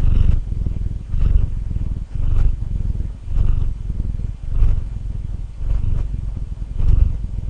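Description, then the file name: Domestic cat purring, a deep low rumble rising and falling in steady cycles about once a second, with no other sounds. Recorded 17 February 2011. "Purring Domestic Cat Turbo"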